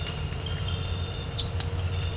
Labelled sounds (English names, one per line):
none